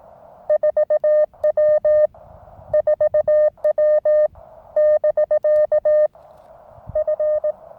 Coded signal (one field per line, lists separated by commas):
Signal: Morse code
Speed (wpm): 18 wpm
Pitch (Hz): 590 Hz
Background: none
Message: 4W 4W <BK> F